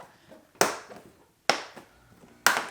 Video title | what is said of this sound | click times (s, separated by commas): Vlog 48 - GX470 Window Trim Replacement | And then you want to just go through and push down and have this click into place. | 0.6 s, 1.5 s, 2.5 s